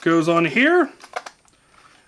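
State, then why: Seated. Someone talks as the front shell piece of an FTW Photon 30a1 foam dart blaster is fitted onto the blaster body, after the barrel is seated and the wires are tucked in. A few light plastic taps follow, then a short, sharp click at 1.3 s as the piece snaps on and locks into place.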